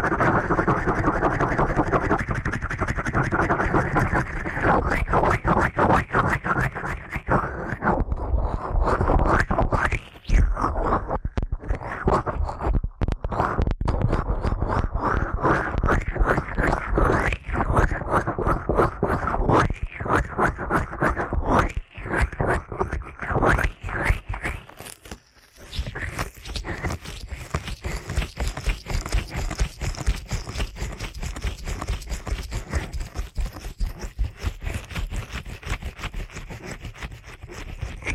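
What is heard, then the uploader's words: Ear cleaning done very fast: a dense, nonstop stream of quick scratching and scraping strokes runs the whole way through, with little rhythm to it. The rubbing is full and fairly bright, pausing only briefly around ten and twenty-five seconds before resuming. ASMR Ear Cleaning at Helicopter Speed.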